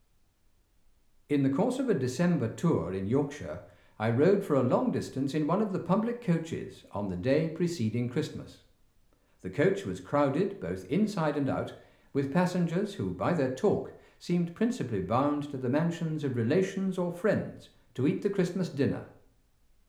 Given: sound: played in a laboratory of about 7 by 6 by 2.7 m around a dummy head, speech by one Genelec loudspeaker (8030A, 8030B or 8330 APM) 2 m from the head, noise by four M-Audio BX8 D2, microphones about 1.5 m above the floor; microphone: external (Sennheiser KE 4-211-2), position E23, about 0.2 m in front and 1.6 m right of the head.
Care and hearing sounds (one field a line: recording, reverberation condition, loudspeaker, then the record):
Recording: male speech in English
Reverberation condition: medium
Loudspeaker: 60 degrees to the right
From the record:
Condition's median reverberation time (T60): about 510 ms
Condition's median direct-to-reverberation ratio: about -0.5 dB